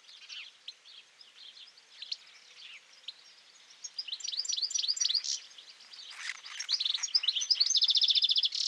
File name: Carduelis carduelis